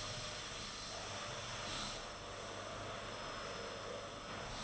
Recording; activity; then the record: daily activity, microphone in the room; vacuum cleaning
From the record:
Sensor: 4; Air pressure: 992.6 hPa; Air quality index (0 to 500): 146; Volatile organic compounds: 94 ppm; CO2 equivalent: 3712 ppm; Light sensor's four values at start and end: 19/65/24/25 and 19/65/24/25